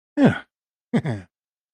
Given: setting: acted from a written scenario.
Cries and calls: vocal sound without words; pride

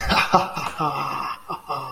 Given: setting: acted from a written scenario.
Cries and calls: vocal sound without words; pride

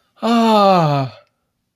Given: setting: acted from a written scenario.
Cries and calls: vocal sound without words; elation

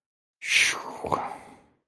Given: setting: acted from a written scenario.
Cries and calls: vocal sound without words; relief

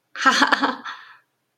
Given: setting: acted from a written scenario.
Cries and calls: vocal sound without words; ecstasy

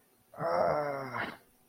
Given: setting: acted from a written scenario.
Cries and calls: vocal sound without words; pain

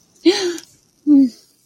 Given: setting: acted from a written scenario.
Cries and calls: vocal sound without words; pride

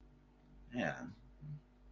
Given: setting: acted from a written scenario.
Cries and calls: vocal sound without words; realization

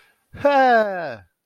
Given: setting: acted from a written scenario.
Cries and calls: vocal sound without words; elation

